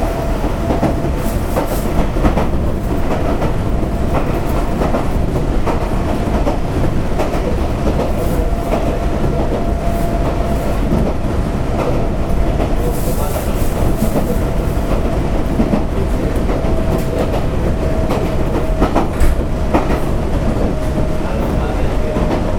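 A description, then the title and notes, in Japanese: Inside a one-man local train running along, a steady low rumble fills the car, with faint rail clicks and a thin whine throughout. 近鉄6400系 道明寺から柏原まで。近畿日本鉄道6400系電車の走行音です。道明寺線のワンマン普通列車にて収録しました。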